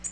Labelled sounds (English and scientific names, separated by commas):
Tennessee Warbler (Leiothlypis peregrina) flight call